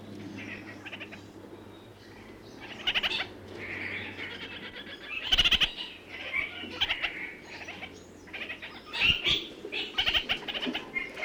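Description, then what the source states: Red-crowned parakeet chatter rising from quiet to louder harsh bursts, with a low steady hum beneath for much. New Zealand.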